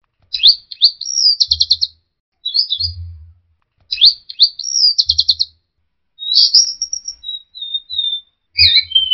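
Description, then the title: Orange-headed thrush song: rapid warbled phrases of varied notes, given in bursts with short pauses, with soft low thumps underneath. "Burung Anis Merah"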